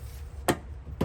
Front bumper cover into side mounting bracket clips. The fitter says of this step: and then it just snaps into place we'll do the same thing on the other side